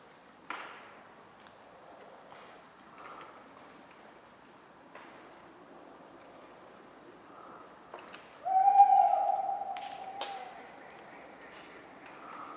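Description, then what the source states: Tawny owl hoot: a long, even, mellow note arrives after a quiet stretch of scattered soft clicks and faint sounds. Cold autumn night, 11 November 1995, at the Ménigoute ornithological film festival, France; a talkative owl; regular falling acorns; the recordist fell asleep, so his sleeping sounds mix in.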